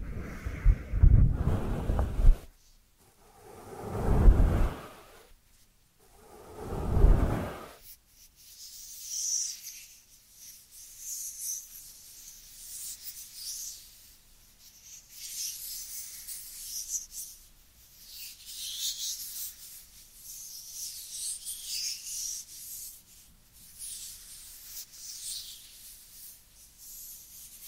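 Dry hands rubbing together: three strong, full swishing rubs in the first eight seconds, each lasting about two seconds with brief pauses between. After that the sound turns light and papery, a thin, bright scratchy rustle that comes and goes in soft pulses until the end.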